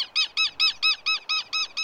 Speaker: an unfamiliar creature approaches, the southern lapwing parent, usually the male, sounds his alarm.